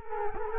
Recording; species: mosquito wingbeat signal from an infrared sensor; Culex quinquefasciatus